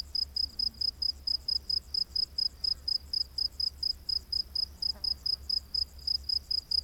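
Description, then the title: Cricket's high chirps repeat in rapid, even bursts. Crickets recorded during the day. "grillos de dia"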